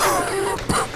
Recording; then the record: coughing mixed with background sound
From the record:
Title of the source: Coughing 79